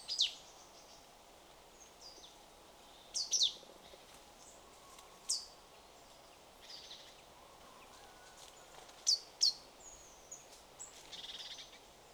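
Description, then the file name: Marsh tit calls: short, sharp, very high notes sweeping downward, given singly or in quick pairs a few seconds apart, over a steady soft hiss. "Poecile palustris"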